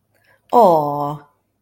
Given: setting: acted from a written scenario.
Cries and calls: vocal sound without words; adoration

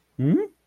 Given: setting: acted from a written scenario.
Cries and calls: vocal sound without words; confusion

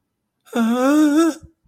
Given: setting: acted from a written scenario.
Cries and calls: vocal sound without words; fear

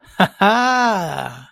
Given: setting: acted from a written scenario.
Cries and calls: vocal sound without words; positive surprise

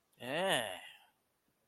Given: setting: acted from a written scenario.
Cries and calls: vocal sound without words; disgust

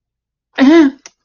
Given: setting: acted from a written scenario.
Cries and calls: vocal sound without words; fear

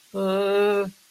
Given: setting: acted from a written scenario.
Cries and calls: vocal sound without words; fear

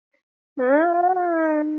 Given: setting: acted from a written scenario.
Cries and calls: vocal sound without words; distress

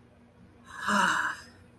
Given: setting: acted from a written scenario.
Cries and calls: vocal sound without words; relief

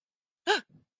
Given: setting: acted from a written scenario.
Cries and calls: vocal sound without words; negative surprise

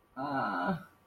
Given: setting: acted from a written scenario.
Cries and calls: vocal sound without words; relief

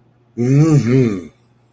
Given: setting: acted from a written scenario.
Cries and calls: vocal sound without words; pride

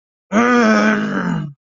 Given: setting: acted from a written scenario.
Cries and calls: vocal sound without words; anger

